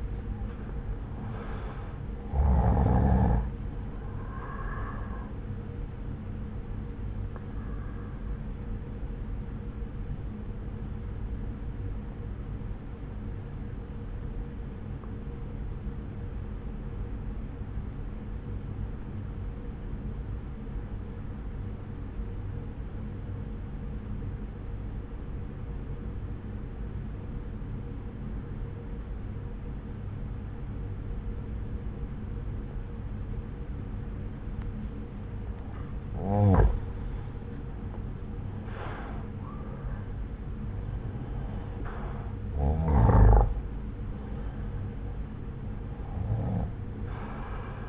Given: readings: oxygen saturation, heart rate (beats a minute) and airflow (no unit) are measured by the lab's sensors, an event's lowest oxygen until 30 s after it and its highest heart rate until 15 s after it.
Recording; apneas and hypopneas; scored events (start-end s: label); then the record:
breathing in sleep by a smartphone at the bedside; 1
7.00-36.80 s: obstructive apnea (N1, oxygen 95% highest, then 88% lowest)
From the record:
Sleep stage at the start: N1 (lightest sleep); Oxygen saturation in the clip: 86 to 95%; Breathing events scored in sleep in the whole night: 303 in 8.1 hours asleep